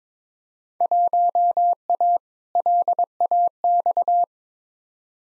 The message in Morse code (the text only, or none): 1A LAX